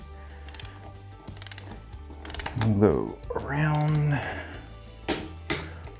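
A torque wrench tightens a lug nut on a tractor wheel hub to 130 ft-lb, with ratcheting clicks heard as the wrench is worked while someone talks. The wrench clicks sharply at the setting at 5.1 s, confirming the lug is torqued, followed by another sharp click at 5.5 s.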